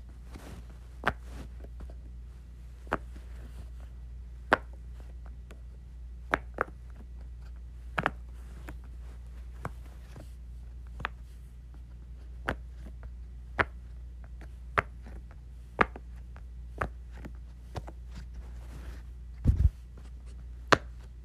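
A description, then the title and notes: Sharp, short pops from a Pop-It toy snap out one at a time, roughly every second or so, at an uneven pace. Each pop is a quick dry click. A low steady hum sits underneath, and a heavier thump lands near the nineteen-second mark. ASMR Playing with my Pop-It.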